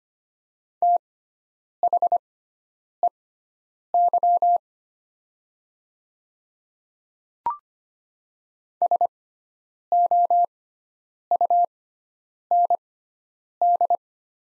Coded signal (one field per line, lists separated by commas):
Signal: Morse code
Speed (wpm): 25 wpm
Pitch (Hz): 700 Hz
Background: none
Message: THEY SOUND